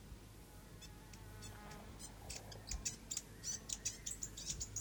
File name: south island fantail